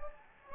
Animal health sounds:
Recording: mosquito wingbeat signal from an infrared sensor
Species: Anopheles gambiae

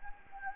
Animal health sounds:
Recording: mosquito wingbeat signal from an infrared sensor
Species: Anopheles gambiae

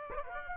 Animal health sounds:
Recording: mosquito wingbeat signal from an infrared sensor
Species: Aedes aegypti

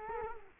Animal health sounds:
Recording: mosquito wingbeat signal from an infrared sensor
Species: Culex quinquefasciatus

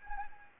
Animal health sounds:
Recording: mosquito wingbeat signal from an infrared sensor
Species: Anopheles gambiae

